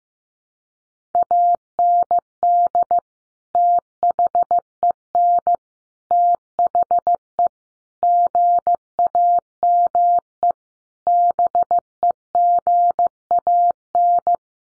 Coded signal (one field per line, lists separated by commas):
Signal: Morse code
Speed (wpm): 15 wpm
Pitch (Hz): 700 Hz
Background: none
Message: AND THEN THE GAME BEGAN